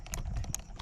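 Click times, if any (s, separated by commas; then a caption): 0.5 s. A plastic top box is placed on its mounting base plate on a motorcycle rack and pressed down until it locks, with several short sharp knocks and clacks. The loudest click at 0.5 s marks the box latching securely onto the mount.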